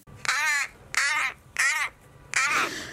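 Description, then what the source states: Common Raven giving four harsh calls. Ravens at the Tower of London, to be heard by the public again as it reopens for the first time since lockdown.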